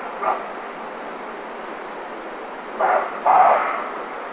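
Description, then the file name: Roe deer barking: one faint hoarse bark, a long pause, then two louder harsh barks in quick succession, with steady background hiss. "chevreuil"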